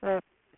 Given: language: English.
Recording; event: throat vibration sensor signal played as sound; speech